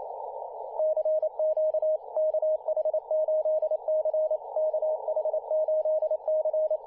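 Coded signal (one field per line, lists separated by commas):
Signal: Morse code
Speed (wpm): 28 wpm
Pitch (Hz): 620 Hz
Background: radio noise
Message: CQ KH8C KH8C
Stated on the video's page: Morse code on 15m, recorded by another station.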